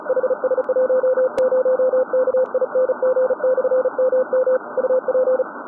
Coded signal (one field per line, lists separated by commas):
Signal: Morse code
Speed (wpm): 35 wpm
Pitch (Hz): 510 Hz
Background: none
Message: HS10KING/MM UP